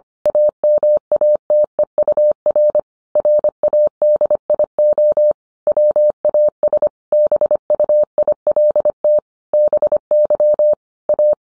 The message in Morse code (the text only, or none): AMATEUR RADIO WAS BUILT BY A